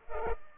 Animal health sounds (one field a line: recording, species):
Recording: mosquito wingbeat signal from an infrared sensor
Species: Culex pipiens